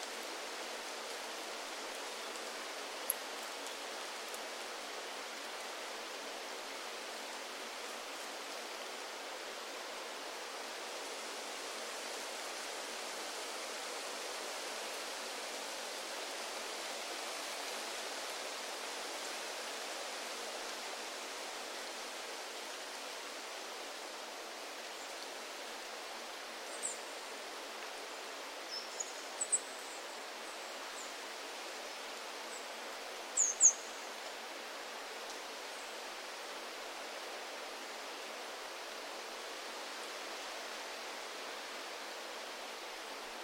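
Wind rushes through the forest canopy in a steady, even hiss, broken only by a few brief high chirps and ticks around 27 to 34 seconds.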